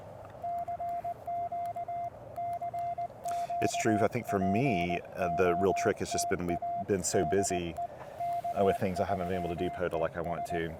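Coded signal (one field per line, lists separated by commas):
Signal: Morse code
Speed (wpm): 20 wpm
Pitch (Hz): 690 Hz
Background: speech, radio noise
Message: CQ CQ POTA DE K3ES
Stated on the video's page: QRP CW during a park activation, using an Elecraft K1 and a homebrew 29.5-foot end-fed random wire with a 17-foot counterpoise.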